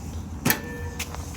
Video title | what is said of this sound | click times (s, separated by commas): 2019 Cruiser Aire 28RD Orientation | and there's a lock here on this side that'll lock into place which release lock pull | 0.5 s